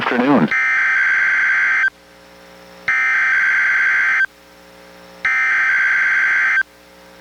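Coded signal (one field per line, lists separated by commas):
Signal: Emergency Alert System (SAME) tones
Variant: header bursts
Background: speech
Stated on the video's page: NOAA Weather Radio weekly test relayed by the Astoria transmitter, received on a Reecom R-1630 weather radio and recorded through a Zoom H1.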